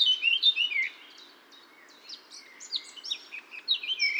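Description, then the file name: Eurasian blackcap song: a short loud run of warbled notes, then quieter scattered twitters and a few louder notes near the end. "Sylvia atricapilla"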